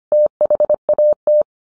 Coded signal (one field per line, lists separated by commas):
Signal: Morse code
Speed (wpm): 25 wpm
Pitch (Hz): 600 Hz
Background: none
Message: THAT